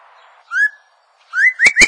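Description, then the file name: Bird song, a few short rising whistled notes, the last ones overlaid by two sharp clicks, after faint low noise at the start. "recht guter gesang"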